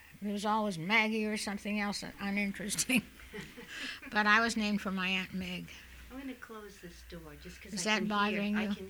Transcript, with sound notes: It was always Maggie or something else uninteresting. (they laugh) But I was named for my Aunt Meg.
I'm going to close this door, just because I can hear...
Is that bothering you?